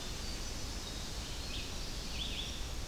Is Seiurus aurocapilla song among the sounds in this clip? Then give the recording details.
no. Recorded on 25 June 2016 at 05:37. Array SBT-6-76